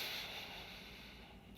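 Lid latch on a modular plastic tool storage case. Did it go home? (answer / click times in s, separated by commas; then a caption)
no / none. The lid of a Milwaukee Packout modular plastic tool storage case, packed with game products, is being closed. Only a steady, soft broadband rustle is heard, easing slightly toward the end with no sharp hit. The latch has not clicked shut yet.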